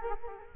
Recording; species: mosquito wingbeat signal from an infrared sensor; Culex quinquefasciatus